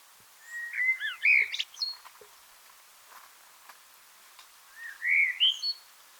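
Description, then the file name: Eurasian blackbird singing a mellow fluted phrase that ends in a high twitter, then after a pause a second, gliding phrase. "Turdus merula"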